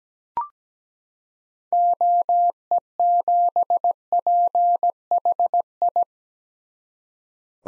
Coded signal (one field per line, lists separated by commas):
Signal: Morse code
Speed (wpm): 17 wpm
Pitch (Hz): 700 Hz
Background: none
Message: OE7PHI